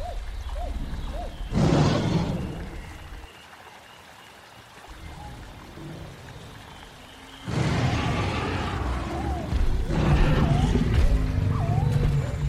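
Dinosaur sounds in a prehistoric forest: low rumbling bursts with rough, growling texture swell up around 1.5 to 3 seconds and again from about 7.5 seconds to the end. Between them, a quieter bed of murmuring noise carries short, rising chirp-like calls.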